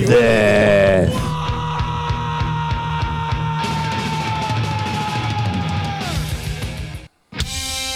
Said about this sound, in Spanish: mientras mi primo … grita como un condenado